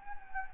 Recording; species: mosquito wingbeat signal from an infrared sensor; Anopheles gambiae